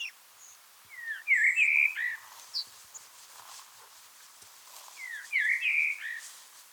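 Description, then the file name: Common blackbird singing two rich warbled phrases, with faint high notes in between. "Turdus merula"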